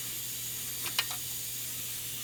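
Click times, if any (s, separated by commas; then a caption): 1.0 s. Under a PT Cruiser, a wiring harness plug is pushed onto an engine-bay switch while working overhead. Over a steady hiss, a single sharp click rings out at 1.0 s, with faint softer handling sounds just before and after it. The connector seats and is confirmed clicked in.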